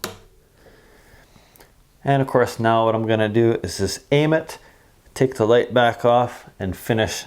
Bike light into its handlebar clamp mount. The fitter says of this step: and to mount the light it simply slides in from the front press it back until you hear a click